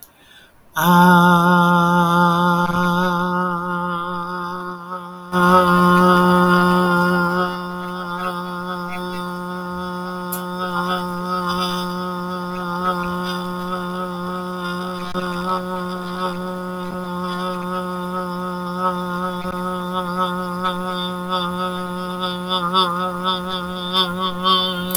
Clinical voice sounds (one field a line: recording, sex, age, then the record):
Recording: vowel held as long as possible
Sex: female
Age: 60 to 69 years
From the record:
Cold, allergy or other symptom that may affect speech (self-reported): no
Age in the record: 65 years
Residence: Nevada, United States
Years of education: 22